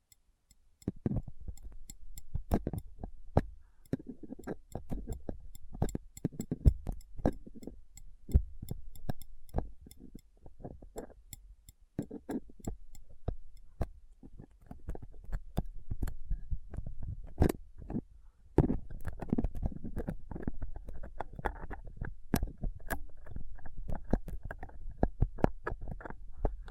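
Rough scraping and picking on a microphone with a dental pick, tweezers and a cotton swab. Sharp clicks and scratches come in quick irregular bursts over a constant low rumble, with a brief near-silence at the start and denser scratching after about 18 seconds.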